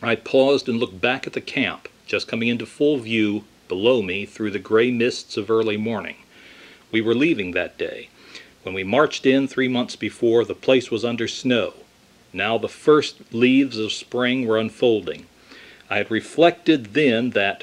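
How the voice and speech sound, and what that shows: A man reads a narrative passage aloud in a clear, moderately low voice, with smooth fluent phrasing and natural pauses between sentences. Voice quality, pitch variation and articulation sound ordinary, his regular speaking voice, in a small quiet room.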